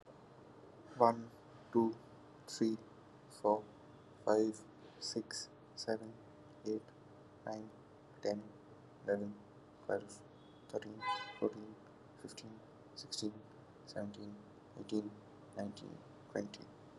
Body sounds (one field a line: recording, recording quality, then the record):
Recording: counting at a normal pace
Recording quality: excellent, no background noise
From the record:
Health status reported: COVID-19 positive, mild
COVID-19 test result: positive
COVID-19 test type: RT-PCR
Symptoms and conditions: cough, cold, fever, fatigue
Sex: male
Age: 32 years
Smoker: no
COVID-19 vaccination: both doses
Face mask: not worn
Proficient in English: yes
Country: India